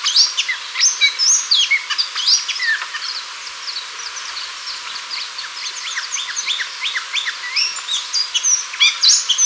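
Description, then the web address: Black-chested mountain tanager calls: rapid, overlapping high chips and short sweeping notes in a busy, continuous chatter, with a steady hiss underneath. Recorded in Ecuador. "Birds of Ecuador. Black-Chested Mountain-Tanager"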